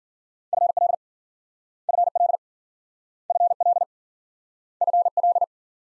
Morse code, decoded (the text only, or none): FL FL FL FL